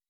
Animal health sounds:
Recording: hydrophone in a shrimp aquaculture tank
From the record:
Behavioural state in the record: weakened

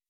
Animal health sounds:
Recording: hydrophone in a shrimp aquaculture tank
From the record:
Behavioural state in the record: weakened

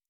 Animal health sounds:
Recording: hydrophone in a shrimp aquaculture tank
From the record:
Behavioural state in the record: normal

